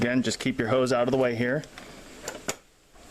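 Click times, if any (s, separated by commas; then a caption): 2.5 s. Someone talks for the first 1.6 seconds while the plastic-framed air filter cartridge of a BMW F850GS motorcycle is slid back down into the airbox and pushed until it clicks into place. After a faint tick at 2.3 s, a sharp, short click comes at 2.5 s, and the cartridge is seated.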